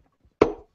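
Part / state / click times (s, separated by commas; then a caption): foot bath electrode module into plastic leg / seated / 0.4 s. One side of a foot bath electrode module is pressed by hand into its plastic leg and clicks into place at 0.4 s. A faint soft knock comes just before, then the single sharp click rings briefly and fades out by about 0.65 s, leaving the module seated.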